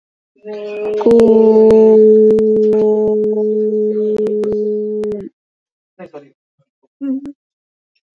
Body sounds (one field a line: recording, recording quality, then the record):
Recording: sustained vowel as in boot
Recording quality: moderate, slight background noise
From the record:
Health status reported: exposed to COVID-19, no respiratory illness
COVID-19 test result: negative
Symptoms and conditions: cough, asthma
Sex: female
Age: 33 years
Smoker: not ticked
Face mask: not worn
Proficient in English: yes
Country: India